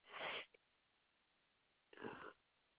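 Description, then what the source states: Koala snorts: two breathy, hissing bursts about one and a half seconds apart, over a low background hiss. Recorded on 3 7 2021.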